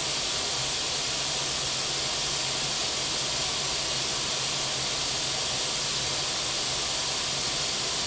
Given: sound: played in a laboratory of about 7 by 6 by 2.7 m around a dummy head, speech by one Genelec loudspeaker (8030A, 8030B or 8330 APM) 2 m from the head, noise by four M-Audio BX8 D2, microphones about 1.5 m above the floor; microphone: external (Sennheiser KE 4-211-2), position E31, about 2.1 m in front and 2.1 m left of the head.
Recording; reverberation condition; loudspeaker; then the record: white noise; medium; four, about 170 cm from the corners of the room and facing them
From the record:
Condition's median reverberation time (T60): about 510 ms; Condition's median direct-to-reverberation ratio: about -0.5 dB